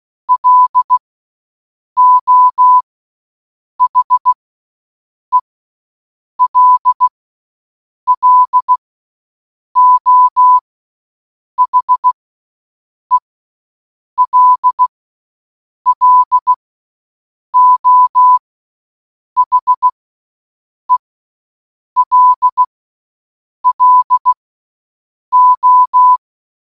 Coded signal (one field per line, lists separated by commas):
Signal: Morse code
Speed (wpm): 16 wpm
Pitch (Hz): 1000 Hz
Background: none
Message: LO HELLO HELLO HELLO